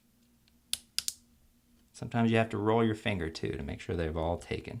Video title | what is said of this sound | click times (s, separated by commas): F9 key replacement on the 13" Macbook Pro Early 2009 Core 2 Duo 2.53 Ghz | what we're going to do is we're going to press down with our finger until we hear several little clips snap | 0.7 s, 1.0 s, 1.1 s